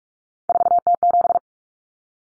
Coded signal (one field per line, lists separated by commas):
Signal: Morse code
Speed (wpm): 44 wpm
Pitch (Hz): 700 Hz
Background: none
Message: 4T7